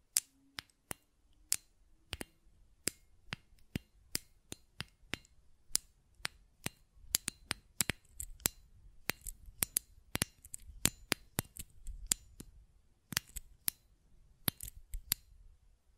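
Buttons are clicked and tapped in a quick, uneven run of sharp, bright clicks, sometimes singly and sometimes in tight pairs, about two or three per second. A faint low rumble and a soft hum sit underneath, with a brief tone near the start.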